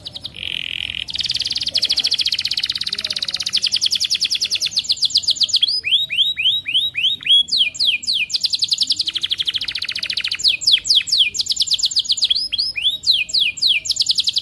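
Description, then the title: Atlantic canary song opening with a low rolling trill, moving into bright rapid trills and clusters of falling swept notes, sustained without pause. Energetic, persistently singing canary ('gacor') with the best 'cengkok' song phrasing and the richest 'isian' song content. "Kenari Gacor Cengkok Terbaik Isian Paling Mewah Kenarigacor Kicaumania Kenari"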